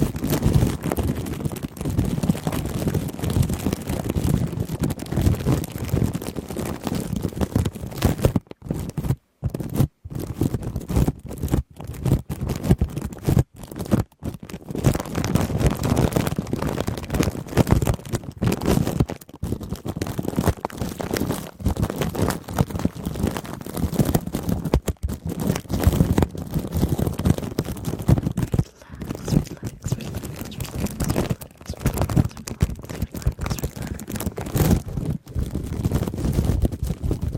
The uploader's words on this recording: ASMR for Charity Shaving Cream on the Mic + Intense Crinkles.